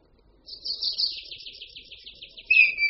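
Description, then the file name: Red kite giving a high, tremulous whistle that wavers rapidly for about two seconds, then a lower, louder whistled note. "Luňák-červený"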